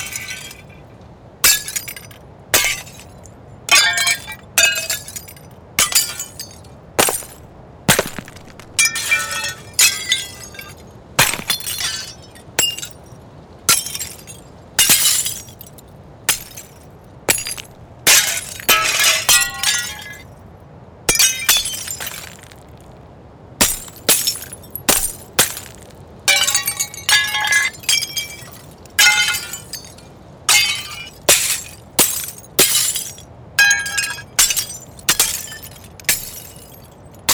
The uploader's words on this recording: Hyper-detailed glass breaking, shattering and falling. Recorded and designed in 24-bit 96k resolution. Falling glass debris, crashes and impacts. Broken Glass Sound Effects.